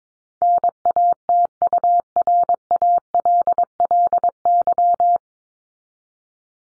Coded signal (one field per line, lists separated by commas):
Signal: Morse code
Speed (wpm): 22 wpm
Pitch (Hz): 700 Hz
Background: none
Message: NATURALLY